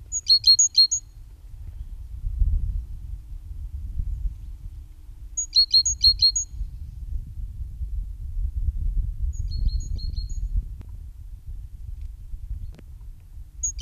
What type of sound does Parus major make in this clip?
song